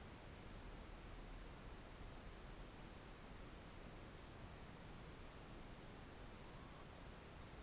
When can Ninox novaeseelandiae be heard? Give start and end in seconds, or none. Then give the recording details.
6.35-6.90. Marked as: faintness 5/5. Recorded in New Zealand on 4 June 2017. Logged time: 21:16. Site Taranaki